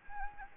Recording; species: mosquito wingbeat signal from an infrared sensor; Anopheles gambiae